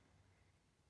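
A steel rear slide plate with extractor is handled against the slide of a Sig P320 fitted with a Grey Ghost Precision slide kit. Only a steady low hum and faint handling noise are heard, with no sharp transients. Nothing has clicked or seated yet.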